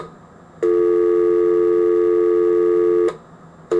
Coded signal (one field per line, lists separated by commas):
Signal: telephone call progress tone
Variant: North America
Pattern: dial tone